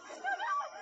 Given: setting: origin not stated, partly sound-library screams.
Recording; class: one-second piece from a danger detection set; woman in danger